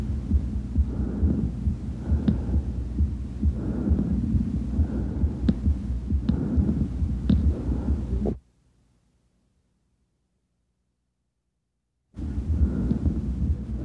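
Bronchial breath sounds heard over an adult chest with a stethoscope: harsh, hollow breathing noise in repeated cycles, with a pause of silence before it resumes.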